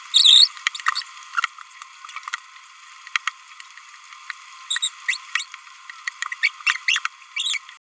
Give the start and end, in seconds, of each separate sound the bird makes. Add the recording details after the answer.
0.14-0.48, 0.94-1.02, 4.71-4.78, 4.83-4.88, 5.09-5.17, 5.36-5.46, 6.32-6.34, 6.43-6.49, 6.67-6.77, 6.88-6.99, 7.36-7.58. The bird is a male. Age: 29 days. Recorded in a nest box in Venezuela. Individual 17B31A1